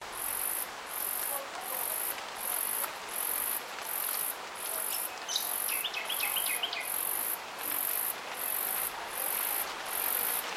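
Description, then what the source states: Insect calling with shrill, very high pulses repeated steadily throughout, over constant hiss. Recorded at Yandina.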